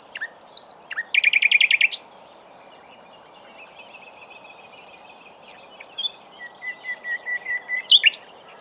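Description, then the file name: Common nightingale song: a rapid, buzzy trill of repeated notes, then a long thin whistle held for seconds, ending in a run of short, sharp repeated notes that rise in loudness. "Luscinia megarhynchos"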